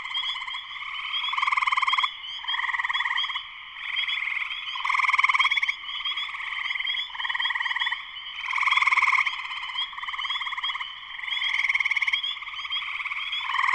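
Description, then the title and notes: Spring peepers in a thick chorus, bursts of pulsing trills alternating and overlapping throughout, backed by an unbroken high shrill band of calls. Full chorus of many spring peepers, shortly after sunset, Sleeping Bear Dunes National Lakeshore, northern Michigan, USA. "Spring peepers (chorus frogs) in concert. Spring peepers (chorus frogs) in full chorus shortly after sunset in the Sleeping Bear Dunes National Lakeshore in northern Michigan, USA. Recorded by Darrin Wassom. Music for Sleep"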